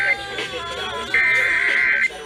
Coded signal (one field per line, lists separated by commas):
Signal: Emergency Alert System (SAME) tones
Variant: header bursts